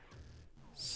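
An alternate head is pushed down onto the neck peg of a plastic McFarlane Joker Dark Knight Returns action figure, with soft low handling rustle through the clip and a louder high hiss rising near the end from about 0.8 s. The head has not seated or snapped into place yet.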